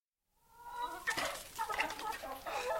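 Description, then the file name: Turkey calling: a harmonic call that swells in after a short silence and goes on in several bursts. "Der Truthahn"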